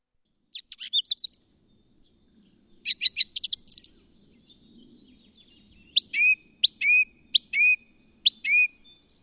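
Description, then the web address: Bird singing short bursts of sharp chirps separated by pauses, then a run of clear whistled notes with separate downslurs. A faint low hum is in the background. "madarak enek"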